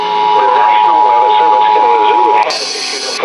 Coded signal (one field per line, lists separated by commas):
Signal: Emergency Alert System (SAME) tones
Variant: 853 and 960 Hz attention tone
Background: speech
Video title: WHOLE LOTTA FLUDDZ AND A TEST... EAS Alerts from 7/29/2021-8/1/2021 (EAS #639-651)